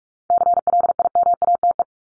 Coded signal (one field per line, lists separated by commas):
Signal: Morse code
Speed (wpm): 44 wpm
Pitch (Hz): 700 Hz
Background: none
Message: CLIMATE